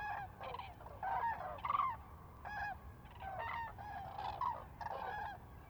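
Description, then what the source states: Common cranes calling in loud, rolling bugled notes, several birds overlapping in bursts with brief pauses between them. Several birds on a close fly-by at Lac du Der, France, 10 January 2021.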